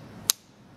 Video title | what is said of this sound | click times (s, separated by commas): how to use a torque wrench | there see it snapped into place so it's locked | 0.3 s